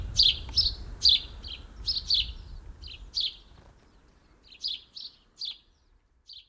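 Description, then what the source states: House sparrow giving loud repeated chirps at first, then sparser, quieter chirps toward the end; low rumble early on. Weekly nature sound feature presented by Juha Laaksonen; recorded during the breeding season.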